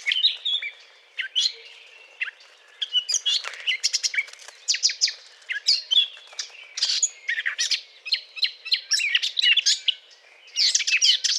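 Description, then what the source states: Eurasian blackcap song: bursts of rapid warbling with sharp chirps and fluty whistles, separated by short gaps. Courtship song; recording dated 20 April 2009.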